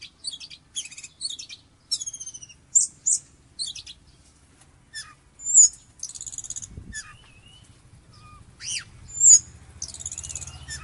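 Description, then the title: Orange-headed thrush song of separate high phrases: sharp chips, clear whistles and quick upslurred and downslurred notes, with short silences between bursts. "Anis Merah"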